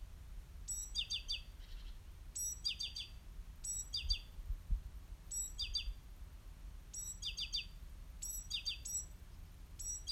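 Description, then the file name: Great tit calls: short bursts of high, sharp chirping notes in tight clusters, repeated roughly every second and a half, over a low steady rumble. "Parus major"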